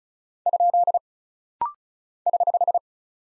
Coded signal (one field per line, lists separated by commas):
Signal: Morse code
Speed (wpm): 36 wpm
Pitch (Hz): 700 Hz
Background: none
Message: ? <HH>